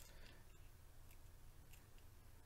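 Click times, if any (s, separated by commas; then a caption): 1.1 s. The takedown pin detent is pushed into its hole and the rear takedown pin is pressed into an AR lower receiver for a Palmetto State Armory (PSA) 450 Bushmaster build, with faint handling sounds over a low rumble. At 1.1 s the spring detent gives a small, sharp click as it rides into the pin's groove, showing the pin is seated correctly.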